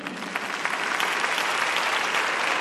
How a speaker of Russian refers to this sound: За смелое и находчивое действие, совершенное при спасении жизни людей, охране общественного порядка и другие проявления гражданской доблести, награждается орденом «Знак почета» товарищ Тихий. Аплодисменты, товарищи!